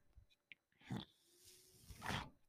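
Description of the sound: Two rhythmic breathy whooshes about a second apart with a faint hum: a home mechanical ventilator delivering breaths.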